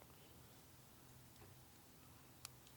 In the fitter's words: Okay. Make sure it clicks in there.